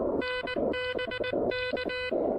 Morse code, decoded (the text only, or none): NBK